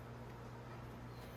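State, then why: Not seated. Someone lines up the locating pin on the front of the plastic left handlebar switch housing and slides it onto the handlebar of a Venom Roma 50cc scooter. Only a steady low hum and even background noise are heard, with no sharp transients. The housing has not seated or clicked into place yet.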